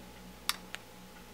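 A retaining screw in the crystal chassis of a Halo-themed saber hilt is pressed in after the chassis is put back, giving a sharp click at 0.5 s and a fainter tick at 0.7 s over a low steady hum. The click is only partial, not a full click, so the screw is backed off a whole turn.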